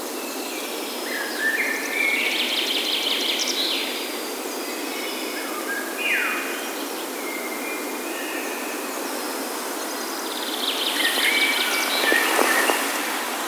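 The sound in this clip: Bird song in several separated bursts of whistles and warbled trills across thirteen seconds, with a rushing hiss throughout.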